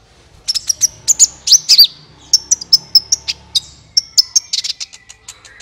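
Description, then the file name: Van Hasselt's Sunbird song: high, sharp chirps and clipped whistled notes in quick bursts, with a short pause near the middle before the twittering resumes. "suara kolibri ninja"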